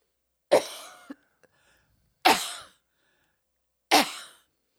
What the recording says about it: This is how I was coughing, because yelling like that just made me cough.